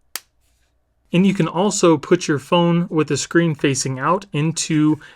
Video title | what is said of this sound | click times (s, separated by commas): Supcase Galaxy S23 Ultra UB Pro & Edge XT Cases - Review | And it easily stows back into place with a nice little click. | 0.2 s